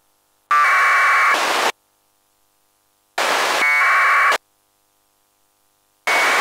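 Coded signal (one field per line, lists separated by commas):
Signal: packet radio (AX.25, as in APRS)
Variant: AFSK 1200 baud APRS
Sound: three short raspy warbling data bursts, each ending in a brief hiss of static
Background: radio squelch noise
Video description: This video shows the Qtmm soundcard modem receiving local APRS traffic on 144.800 MHz.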